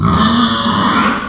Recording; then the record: squeal of a Yucatan mini pig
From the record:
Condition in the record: after surgery on the right vocal fold (resection and tissue-engineered implant); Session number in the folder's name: 16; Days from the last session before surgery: 183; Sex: female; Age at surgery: 19 weeks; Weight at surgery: 25 kg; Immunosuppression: prednisolone